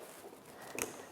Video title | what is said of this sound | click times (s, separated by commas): 2015-17 F150 LED HEADLIGHT CREE MK5 F150LEDS.COM INSTALLATION | until you hear again that click. | 0.8 s